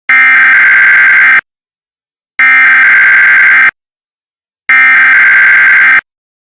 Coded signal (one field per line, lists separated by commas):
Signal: Emergency Alert System (SAME) tones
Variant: header bursts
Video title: EAS-Severe Thunderstorm Warning